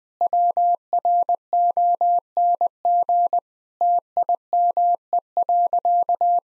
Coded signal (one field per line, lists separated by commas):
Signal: Morse code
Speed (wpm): 20 wpm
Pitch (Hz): 700 Hz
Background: none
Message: WRONG TIME.